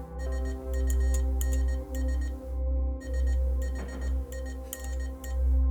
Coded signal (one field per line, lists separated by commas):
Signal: Morse code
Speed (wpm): 18 wpm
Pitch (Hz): 1850 Hz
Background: music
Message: SUNS SHINE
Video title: 🌴✨ Morse Code Messages from the Jungle: Colonel Kurtz’s Secret Affirmations for Cherie’s Sister! 📡🎵💖